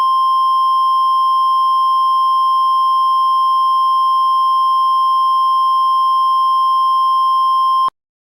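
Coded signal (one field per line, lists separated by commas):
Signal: Emergency Alert System (SAME) tones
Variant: 1050 Hz attention tone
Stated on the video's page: Fictional EAS scenario recreating the 1997 Jarrell, Texas tornado.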